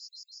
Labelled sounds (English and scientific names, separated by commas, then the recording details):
Yellowhammer (Emberiza citrinella) song
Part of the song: start
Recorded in the Czech Republic on 8 March 2015
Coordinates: 49.504, 14.628
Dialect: BhBl
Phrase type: C58
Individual 14D